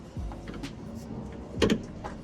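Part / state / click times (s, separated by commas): windshield wiper arm onto its pivot shaft / seated / 1.6 s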